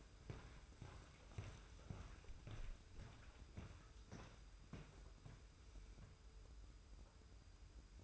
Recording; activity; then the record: daily activity, microphone in the room; walk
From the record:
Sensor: 2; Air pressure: 990.5 hPa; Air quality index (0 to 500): 174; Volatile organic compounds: 1000 ppm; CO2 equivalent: 5494 ppm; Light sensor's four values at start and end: 28/66/27/27 and 30/70/29/29